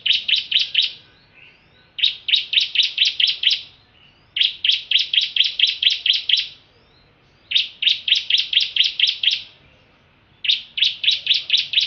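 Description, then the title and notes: Prinia song: bursts of several sharp, evenly spaced chirps repeated quickly, each burst followed by a brief pause, in clear quiet surroundings. Full chirping and continuous rolling song. "Kicau Burung Prenjak Lengkap dan Ngerol"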